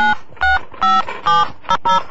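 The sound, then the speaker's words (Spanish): A telephone keypad being dialed to call a friend: about six short, steady two-tone beeps in quick, slightly uneven succession, clear and fairly loud with no voices. “Aquí lo vemos llamando por teléfono a un amigo después de que el equipo del cual este es simpatizante perdió en forma humillante por 4-0.”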